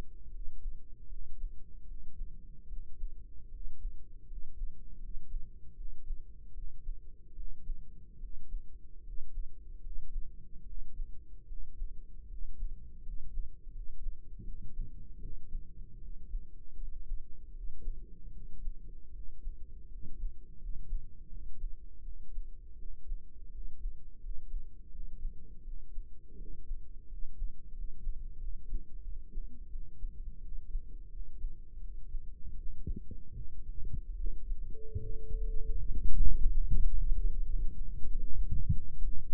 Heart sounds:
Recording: heart sounds by microphone in the right ear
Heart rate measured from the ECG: 80 bpm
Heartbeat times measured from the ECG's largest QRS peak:
0.29 s: heartbeat
1.07 s: heartbeat
1.84 s: heartbeat
2.67 s: heartbeat
3.49 s: heartbeat
4.25 s: heartbeat
4.98 s: heartbeat
5.74 s: heartbeat
6.52 s: heartbeat
7.33 s: heartbeat
8.18 s: heartbeat
9.01 s: heartbeat
9.79 s: heartbeat
10.63 s: heartbeat
11.45 s: heartbeat
12.26 s: heartbeat
13.01 s: heartbeat
13.70 s: heartbeat
14.43 s: heartbeat
15.18 s: heartbeat
15.98 s: heartbeat
16.75 s: heartbeat
17.51 s: heartbeat
18.30 s: heartbeat
19.10 s: heartbeat
19.87 s: heartbeat
20.56 s: heartbeat
21.27 s: heartbeat
22.01 s: heartbeat
22.76 s: heartbeat
23.50 s: heartbeat
24.18 s: heartbeat
24.89 s: heartbeat
25.62 s: heartbeat
26.35 s: heartbeat
27.06 s: heartbeat
27.71 s: heartbeat
28.37 s: heartbeat
29.02 s: heartbeat
29.68 s: heartbeat
30.40 s: heartbeat
31.09 s: heartbeat
31.79 s: heartbeat
32.55 s: heartbeat
33.33 s: heartbeat
34.15 s: heartbeat
34.98 s: heartbeat
35.76 s: heartbeat
36.50 s: heartbeat
37.26 s: heartbeat
38.04 s: heartbeat
38.72 s: heartbeat
From the record:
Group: healthy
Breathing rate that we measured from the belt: 16 breaths a minute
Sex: male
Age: 20 years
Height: 167 cm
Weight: 61 kg

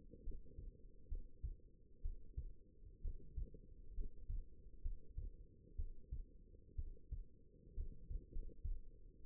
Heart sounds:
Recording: heart sounds by stethoscope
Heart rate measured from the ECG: 67 bpm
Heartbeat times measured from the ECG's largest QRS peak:
0.23 s: heartbeat
1.08 s: heartbeat
2.01 s: heartbeat
3.01 s: heartbeat
3.93 s: heartbeat
4.81 s: heartbeat
5.75 s: heartbeat
6.75 s: heartbeat
7.74 s: heartbeat
8.31 s: heartbeat
From the record:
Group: healthy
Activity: cold pressor test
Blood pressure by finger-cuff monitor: 123/76 mmHg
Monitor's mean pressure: 89 mmHg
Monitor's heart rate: 65 bpm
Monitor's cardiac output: 5.3 L/min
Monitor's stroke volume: 81 mL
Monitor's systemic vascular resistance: 1250 dyn s/cm5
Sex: female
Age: 22 years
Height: 171 cm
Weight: 65.6 kg

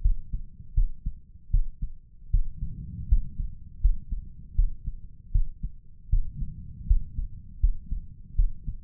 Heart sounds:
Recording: heart sounds by stethoscope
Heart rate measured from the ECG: 79 bpm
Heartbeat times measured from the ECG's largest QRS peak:
0.01 s: heartbeat
0.74 s: heartbeat
1.50 s: heartbeat
2.30 s: heartbeat
3.08 s: heartbeat
3.80 s: heartbeat
4.55 s: heartbeat
5.31 s: heartbeat
6.09 s: heartbeat
6.86 s: heartbeat
7.60 s: heartbeat
8.35 s: heartbeat
From the record:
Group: healthy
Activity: rest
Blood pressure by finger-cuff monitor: 136/86 mmHg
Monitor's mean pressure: 104 mmHg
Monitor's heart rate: 79 bpm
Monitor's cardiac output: 5.8 L/min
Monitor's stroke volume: 73 mL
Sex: male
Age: 35 years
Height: 178 cm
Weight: 64 kg

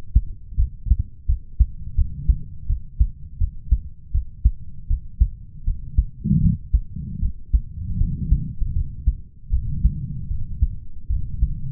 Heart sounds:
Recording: heart sounds by stethoscope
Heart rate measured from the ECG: 80 bpm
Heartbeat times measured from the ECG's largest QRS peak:
0.56 s: heartbeat
1.26 s: heartbeat
1.95 s: heartbeat
2.66 s: heartbeat
3.38 s: heartbeat
4.11 s: heartbeat
4.87 s: heartbeat
5.64 s: heartbeat
6.40 s: heartbeat
7.19 s: heartbeat
7.97 s: heartbeat
8.72 s: heartbeat
9.50 s: heartbeat
10.27 s: heartbeat
11.07 s: heartbeat
From the record:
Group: healthy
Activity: rest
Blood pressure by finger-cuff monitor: 96/69 mmHg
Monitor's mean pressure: 77 mmHg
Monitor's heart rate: 80 bpm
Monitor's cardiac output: 5.8 L/min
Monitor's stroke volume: 74 mL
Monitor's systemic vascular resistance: 950 dyn s/cm5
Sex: male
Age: 20 years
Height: 187 cm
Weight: 68.9 kg

